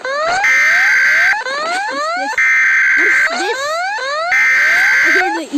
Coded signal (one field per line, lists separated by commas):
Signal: Emergency Alert System (SAME) tones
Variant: header bursts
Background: speech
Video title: experiences: sauf amerikan eas alarms